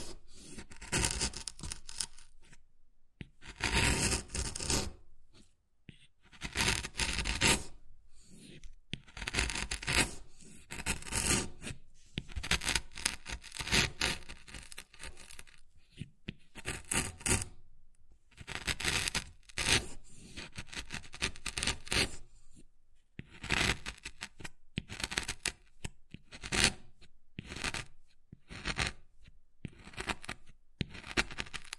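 Wood carving with tools scraping and rasping against the surface in short, irregular strokes, each a bright, hissy burst. Strokes come in quick clusters separated by brief silences, with occasional sharp taps mixed in throughout.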